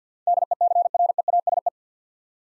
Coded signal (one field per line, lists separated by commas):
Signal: Morse code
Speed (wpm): 48 wpm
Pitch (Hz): 700 Hz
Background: none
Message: DECREASE